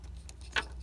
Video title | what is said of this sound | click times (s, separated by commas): How Too Install CD Player In Your Car Or Truck Manually Save Money$$$- New 2018 Video | You'll hear a click. not so much, but yeah, it went in there. | 0.6 s